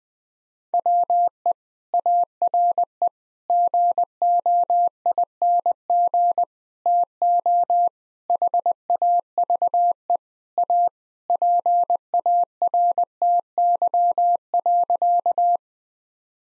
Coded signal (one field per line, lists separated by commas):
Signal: Morse code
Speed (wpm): 21 wpm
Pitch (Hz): 700 Hz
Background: none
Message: WE ARE GOING TO HAVE A PARTY.